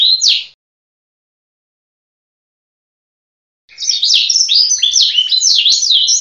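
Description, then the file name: Canary song: one brief high chirp, about three seconds of silence, then a fast run of bright warbled notes and twittering trills. Canary song with 'blacksang' fill-in phrases. "kenari isian blacksang omkicau"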